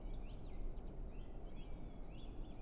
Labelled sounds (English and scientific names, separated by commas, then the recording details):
Song Thrush (Turdus philomelos)
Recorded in Germany
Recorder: ecoPi